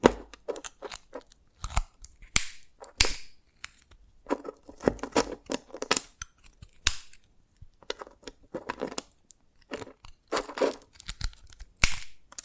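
Tapping and cracking on dalgona candy, a run of sharp, dry clicks and brittle snaps coming in irregular clusters every second or so. Some hits are crisp single taps, others short crunchy bursts, separated by brief silences.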